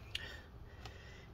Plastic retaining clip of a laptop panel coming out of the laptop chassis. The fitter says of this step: and let's see there you go you can hear it click so you do have to kind of rotate it this way to unclip that and then you can do that